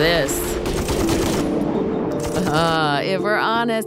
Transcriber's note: war, guns, bombs, explosions